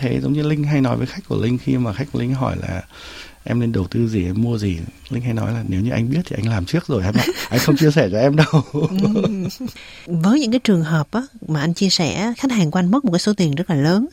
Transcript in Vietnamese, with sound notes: Giống như Linh hay nói với khách của Linh, khi mà khách của Linh hỏi là em nên đầu tư gì, em mua gì? Linh hay nói là nếu như anh biết thì anh làm trước rồi. [cười] Anh không chia sẻ cho em đâu. [cười] Với những trường hợp á, mà anh chia sẻ khách hàng của anh mất một số tiền rất là lớn.